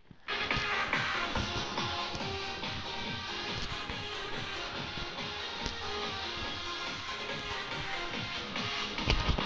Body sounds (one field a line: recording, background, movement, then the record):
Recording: deep breathing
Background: music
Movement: walking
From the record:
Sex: female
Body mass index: 18.8 kg/m2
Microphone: on the chest, facing the body